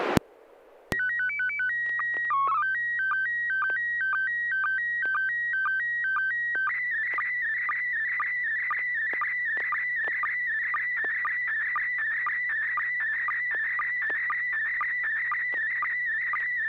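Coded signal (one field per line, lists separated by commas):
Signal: SSTV (slow-scan television)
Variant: PD 120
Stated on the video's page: Heard during amateur radio SSTV net on FM repeater 441.300 MHz.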